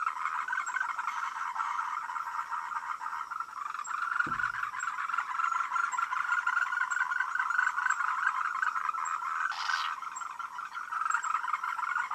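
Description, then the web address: Frogs calling in a dense, continuous chorus of rapid trilled croaks, with a sharp click around four seconds and a brief rushing noise near ten seconds. "voice cam frogs"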